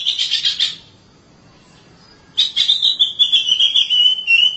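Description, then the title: Oriental magpie-robin song: a short burst of dense high notes, a pause of over a second, then a long slightly falling whistled trill. Long-duration song. "Suara Kicauan Burung Kacer Durasi Panjang"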